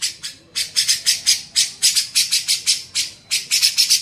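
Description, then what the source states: Grey-cheeked bulbul uttering squawking, raspy notes in fast series broken by short pauses. Cucak jenggot, masteran training recording for teaching songbirds.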